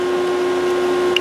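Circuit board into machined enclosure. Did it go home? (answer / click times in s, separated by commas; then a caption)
yes / 1.2 s. A controller circuit board is pressed into a machined aluminium enclosure bottom over a steady background hum with a constant tone. A single sharp hit sounds at 1.2 s as the board pops into place with a good fit.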